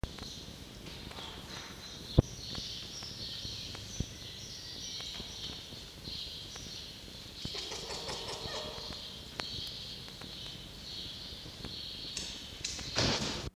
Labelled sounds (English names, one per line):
Red Fox